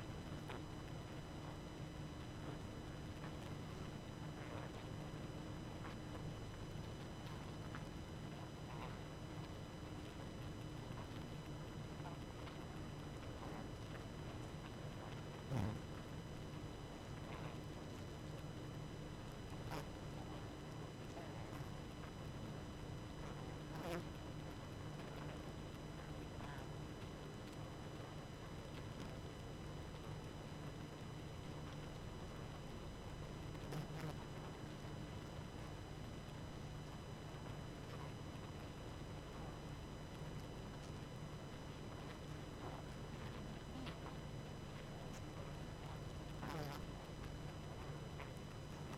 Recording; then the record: honeybee colony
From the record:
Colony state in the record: active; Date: 12 June 2018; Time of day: 20:35